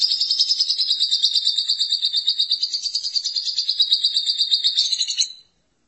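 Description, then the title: Lovebird chattering song, a continuous rapid run of high, harsh buzzy notes pulsing several times a second for about five seconds, then stopping. "BM Suara Burung Lovebird"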